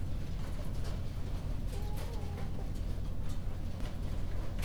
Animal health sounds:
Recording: poultry house recording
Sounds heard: healthy chickens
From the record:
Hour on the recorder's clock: 21

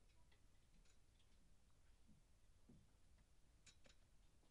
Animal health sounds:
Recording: poultry house recording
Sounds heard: no chicken sound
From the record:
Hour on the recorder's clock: 23

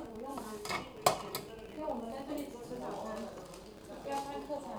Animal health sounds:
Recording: poultry house recording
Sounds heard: no chicken sound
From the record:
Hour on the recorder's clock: 13

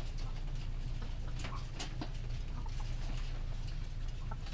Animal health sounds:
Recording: poultry house recording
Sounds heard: sick chickens (respiratory disease)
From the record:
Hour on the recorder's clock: 19

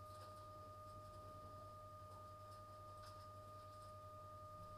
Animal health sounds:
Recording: poultry house recording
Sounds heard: no chicken sound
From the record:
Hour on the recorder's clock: 22

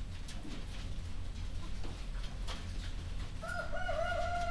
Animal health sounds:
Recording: poultry house recording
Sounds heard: healthy chickens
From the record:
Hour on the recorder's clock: 1

